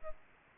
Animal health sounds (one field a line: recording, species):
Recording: mosquito wingbeat signal from an infrared sensor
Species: Aedes albopictus